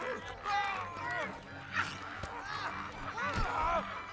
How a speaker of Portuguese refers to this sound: Ai, sai disso, galinha!